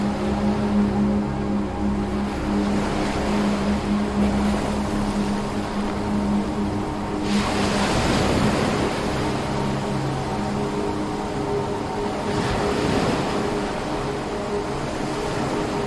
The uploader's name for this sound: Soothing Wave Sounds